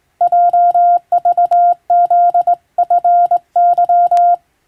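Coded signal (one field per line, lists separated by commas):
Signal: Morse code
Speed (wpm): 21 wpm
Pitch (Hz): 700 Hz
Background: none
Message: JVZFY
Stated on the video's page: Morse code reception practice recalling ship-to-coast-station radiotelegraph traffic, using a telegram sending practice book.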